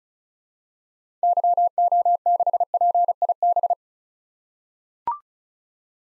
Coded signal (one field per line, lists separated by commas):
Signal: Morse code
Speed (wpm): 36 wpm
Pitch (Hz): 700 Hz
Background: none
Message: YO6PIB